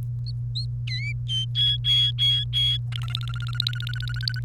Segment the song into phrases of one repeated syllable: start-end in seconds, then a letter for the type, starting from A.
0.88-1.14 A, 1.29-2.77 B, 2.92-4.40 C